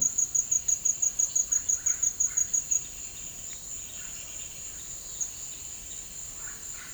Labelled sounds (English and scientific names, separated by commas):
Russet-backed Oropendola (Psarocolius angustifrons)